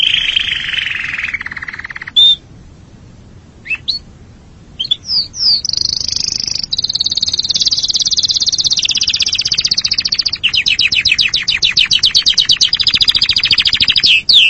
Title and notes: Suara Burung Kenari